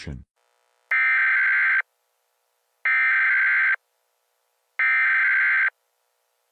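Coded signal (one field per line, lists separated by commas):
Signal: Emergency Alert System (SAME) tones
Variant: header bursts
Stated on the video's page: Fake nuclear attack EAS alert made by the uploader as a prank.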